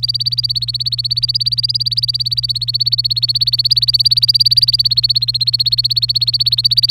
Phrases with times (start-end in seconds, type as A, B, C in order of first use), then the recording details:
0.00-6.86 A, 6.89-6.90 B. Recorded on 24 April 2018 at 16:36. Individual llb3